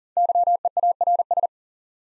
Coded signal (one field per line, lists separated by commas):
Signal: Morse code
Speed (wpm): 40 wpm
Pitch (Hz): 700 Hz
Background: none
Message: YEARS